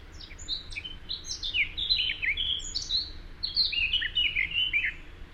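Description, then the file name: Eurasian blackcap warbling continuously, a busy jumble of high scratchy and clear whistled notes rising and falling throughout, against faint background noise. "Sylvia atricapilla"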